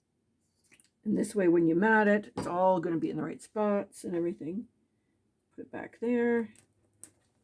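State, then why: Seated. Someone talks while working on a handmade paper journal, then the journal's flap is closed and its closure fastener shuts with a small, sharp click at 7.0 seconds. The flap closure is seated and clicks shut.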